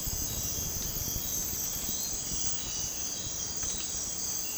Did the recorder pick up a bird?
no